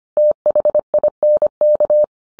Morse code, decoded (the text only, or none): THINK